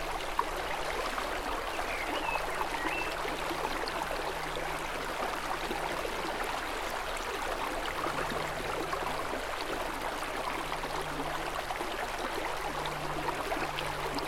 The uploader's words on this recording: A relaxing sound of a small river in Austria. Sound of a river.